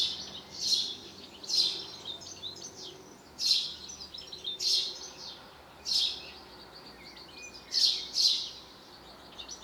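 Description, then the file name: House sparrow calling with loud, harsh chirps repeated roughly once a second, with a few softer chirps between them. "Passer domesticus"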